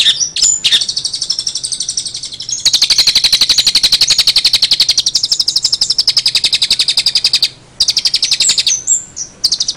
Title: Suara Burung Cendet Isian Lovebird dan Gereja Tarung